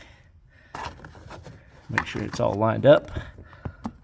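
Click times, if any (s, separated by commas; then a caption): 3.9 s. On a 2014 Ford Mustang, a door sill trim plate is lined up with the track and pressed down onto the car body sill while someone talks, with small plastic taps and handling sounds. At 3.9 s a repaired plastic retaining clip snaps into its hole with a sharp click, and the trim is seated.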